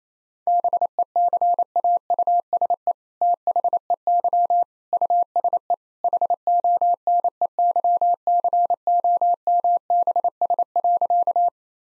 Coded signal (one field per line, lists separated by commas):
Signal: Morse code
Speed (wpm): 27 wpm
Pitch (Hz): 700 Hz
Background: none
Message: BECAUSE THEY USE HONEYCOMBS.